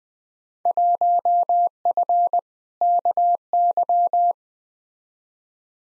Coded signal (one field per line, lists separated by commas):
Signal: Morse code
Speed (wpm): 20 wpm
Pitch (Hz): 700 Hz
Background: none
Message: 1F KY